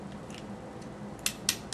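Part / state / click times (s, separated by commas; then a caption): takedown pin into pistol frame / not seated / none. During reassembly of a S&W Bodyguard .380 pistol, with the slide back on the rails, the steel takedown pin is pushed into the pistol frame. Low handling noise is followed by sharp metallic ticks at about 1.3 s and 1.5 s and a fainter one near the end. The pin has not clicked into place yet; nothing has seated.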